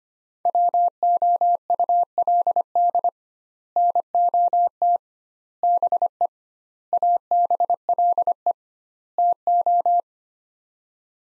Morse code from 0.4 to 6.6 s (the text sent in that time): WOULD NOT BE